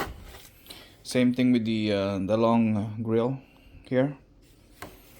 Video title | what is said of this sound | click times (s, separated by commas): M2 Bumper Conversion SHOCKS M235i Owners with INSANE Results! | tabs to line up on the slot, and then you just press until it clicks into place. | 0.7 s